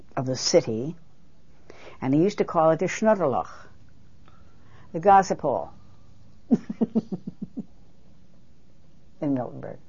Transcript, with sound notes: of the city. And we used to call it the Schnatter Loch, the gossip hall. (She laughs.) In Miltenberg,